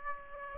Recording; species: mosquito wingbeat signal from an infrared sensor; Aedes aegypti